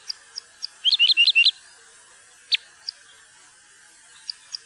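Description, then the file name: Parrot crossbill giving a rapid run of about five hard, clipped notes, then one loud single chip, with soft high ticks before and after. "furukorsnebb"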